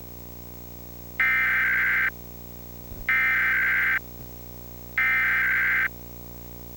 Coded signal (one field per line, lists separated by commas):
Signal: Emergency Alert System (SAME) tones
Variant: header bursts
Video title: Comcast Emergency Alert System - Maryland Required Monthly Test (July 27, 2022)